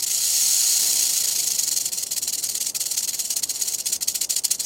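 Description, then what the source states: Rattlesnake warning rattle: a loud, steady, high hissing buzz that later breaks into fast, uneven pulses. A real rattlesnake's warning, played as a recording.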